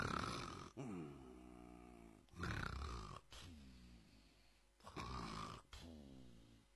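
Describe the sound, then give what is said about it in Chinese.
A man's voice mimics loud snoring, portraying the story character Lu Deming snoring in his sleep: three rasping, breathy inhales, each followed by a drawn-out, droning voiced exhale, repeating in a steady, heavy rhythm with no talking. “由于累，这个累呀、啊，就睡的时候避免不了打鼾，陆德明这呼噜可就起来了。”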